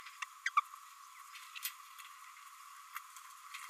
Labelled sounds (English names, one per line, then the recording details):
Green-rumped Parrotlet babbling
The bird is a female
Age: 27 days
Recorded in a nest box in Venezuela
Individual 17B32A5